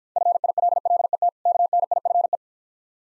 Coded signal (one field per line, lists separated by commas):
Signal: Morse code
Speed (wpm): 49 wpm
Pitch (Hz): 700 Hz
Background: none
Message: FILLET KNIFE